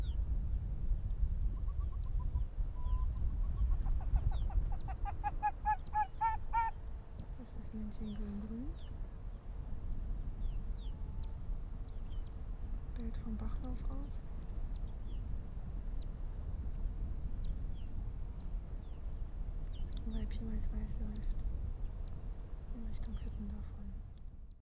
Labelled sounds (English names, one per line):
Arctic Fox